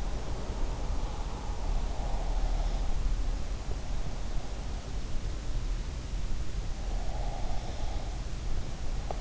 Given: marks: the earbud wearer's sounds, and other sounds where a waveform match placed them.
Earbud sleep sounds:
sounds in sleep by an in-ear microphone; breath
0.00-5.01 s: sound from someone else or the room
1.83-2.98 s: breath
7.06-9.21 s: breath

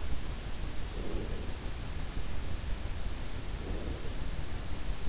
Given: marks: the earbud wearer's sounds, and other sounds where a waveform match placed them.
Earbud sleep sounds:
sounds in sleep by an in-ear microphone; breath
0.61-1.87 s: breath
3.41-4.72 s: breath

